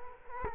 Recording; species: mosquito wingbeat signal from an infrared sensor; Culex quinquefasciatus